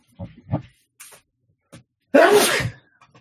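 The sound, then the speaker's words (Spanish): A few short, soft breathy catches build up to one loud, explosive sneeze, a sharp burst of air that ends abruptly, followed by quiet. “Voy a estornudar.”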